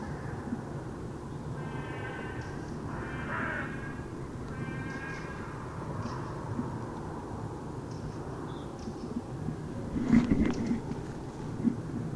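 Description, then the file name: Carrion crow giving several hoarse caws in the first five seconds, then low rumbling noise with a few dull knocks near the end. "Corvus corone"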